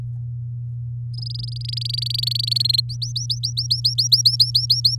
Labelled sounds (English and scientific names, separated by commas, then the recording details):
Domestic Canary (Serinus canaria) song
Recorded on 7 May 2018 at 07:39
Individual llb16